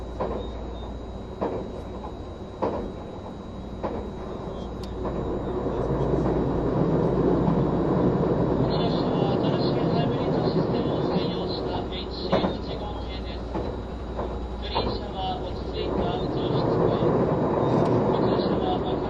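Running sound of a vehicle in motion: a steady low rumble that swells louder after about six seconds and stays dense to the end. Brief knocks recur every second or two early on, and from around nine seconds a higher squealing whine rides on top.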